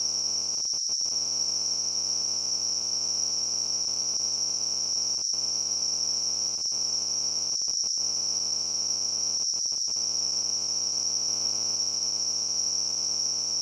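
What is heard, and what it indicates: A simulated tinnitus sound: a continuous, steady, high-pitched tone centred around 5–6 kHz, with a faint buzzing, cricket-like quality and an even level throughout.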